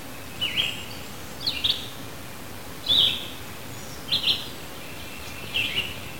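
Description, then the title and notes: Red-eyed vireo singing short, slurred whistled phrases, each a quick burst of notes, separated by brief pauses, over a low steady background rumble. Recorded at Martin Lake. "Redeyed Vireo Martin Lake by Christie Mullen"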